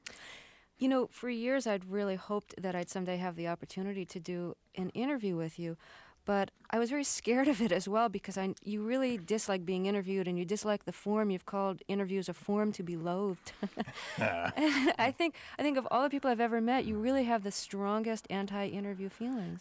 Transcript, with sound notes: You know, for years I'd really hoped that I'd someday have the opportunity to do an interview with you, but I was very scared of it as well because you really dislike being interviewed, and you dislike the form. You've called interviews a form to be loathed.
(SOUNDBITE OF LAUGHTER)
I think, of all the people I've ever met, you really have the strongest anti-interview feelings.